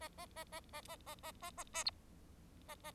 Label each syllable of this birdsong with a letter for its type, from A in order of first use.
A A A A A A A A A A A B A A